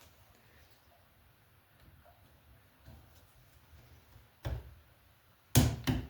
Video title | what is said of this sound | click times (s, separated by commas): Lets make a Rustic Lamp part 2 #woodworking #woodturning | So you push that down hard until you hear it click twice. | 5.6 s, 5.9 s